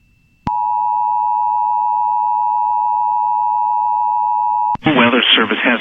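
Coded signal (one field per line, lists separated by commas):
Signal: Emergency Alert System (SAME) tones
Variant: 853 and 960 Hz attention tone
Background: speech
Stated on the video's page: Three PDS Tornado Watch alerts issued by the Storm Prediction Center, recorded from a station's IP stream, shortened.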